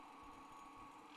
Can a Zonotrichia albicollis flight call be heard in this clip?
no